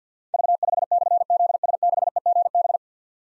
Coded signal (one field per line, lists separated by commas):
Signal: Morse code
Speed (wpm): 46 wpm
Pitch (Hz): 700 Hz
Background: none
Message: V5/ZS6EGB